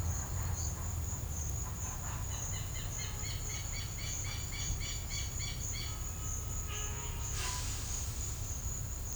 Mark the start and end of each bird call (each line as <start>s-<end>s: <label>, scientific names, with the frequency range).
2.24s-5.95s: Vanellus chilensis (1.5-4.9 kHz)